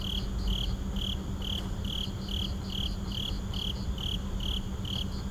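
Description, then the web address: Night insects in a steady chorus of shrill pulses about twice a second, with softer higher pulses woven between and a constant low rumble underneath. At night in a suburban park. "boom library Urban and Suburban. Suburban park night insects"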